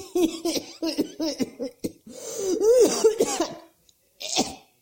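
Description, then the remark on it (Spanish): An 88-year-old woman who smoked heavily all her life has a harsh smoker's coughing fit, not from COVID: a quick run of short, hacking coughs, then a longer strained, wheezing stretch, a brief silence, and one last cough. No talking. “Bueno, esa tos no es de corona, ¿eh? Yo toso porque fumé mucho toda mi vida.”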